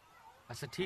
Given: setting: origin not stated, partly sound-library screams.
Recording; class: one-second piece from a danger detection set; normal situation